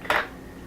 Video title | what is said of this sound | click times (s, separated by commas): Ninja Professional Blender - NJ601REF - This Old Man 1955 | push it down till you feel it lock and everything's on | 0.1 s